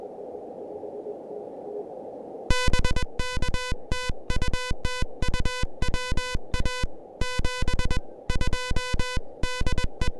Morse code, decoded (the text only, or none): BK TU TU WA 72 DE